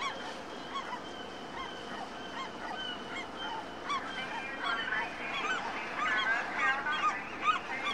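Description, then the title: Gulls crying: many short calls overlapping and growing busier toward the end, over a steady wash of background noise. Seagulls calling over a bustling fishing harbour at dawn; the calls ebb and flow with the wind. "Harbor Harmony: The Serene Sounds of a Fishing Harbour and Seagulls"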